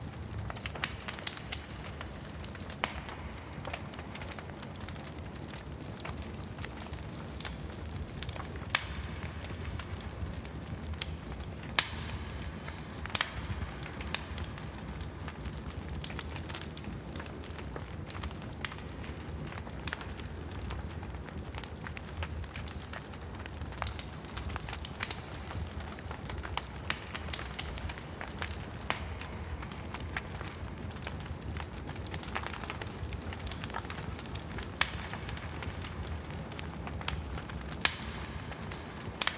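A campfire burns steadily, with a low, constant roar of flame underneath. Sharp crackles and pops break through every second or so, some louder snaps standing out around 12, 13, 19 and 37 seconds, while the overall level stays even throughout.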